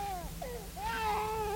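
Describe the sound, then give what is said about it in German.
A child cries at night in a quiet town, a few wavering, high-pitched wails that bend up and down, ending in a longer sustained sob, with no talking over it. “Da weint ein Kind.”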